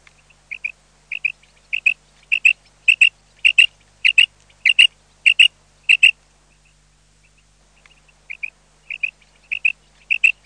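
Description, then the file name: Common quail giving crisp paired notes in a steady fast series. After a two-second pause, soft notes lead into a renewed burst of doubled calls. "QUAGLIA"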